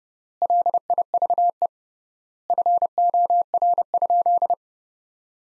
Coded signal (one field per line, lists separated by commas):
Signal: Morse code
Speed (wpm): 30 wpm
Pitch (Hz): 700 Hz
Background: none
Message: LIVE FOR?